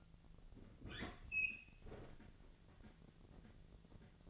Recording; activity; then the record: daily activity, microphone in the room; open fridge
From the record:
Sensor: 4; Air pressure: 1000.9 hPa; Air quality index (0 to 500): 128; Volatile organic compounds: 1 ppm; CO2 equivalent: 960 ppm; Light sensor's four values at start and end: 31/75/32/34 and 30/71/30/32